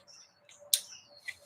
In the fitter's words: man that's a satisfying sound that little click in